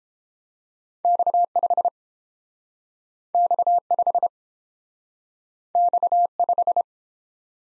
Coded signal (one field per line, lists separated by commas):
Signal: Morse code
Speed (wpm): 30 wpm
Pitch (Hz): 700 Hz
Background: none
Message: X5 X5 X5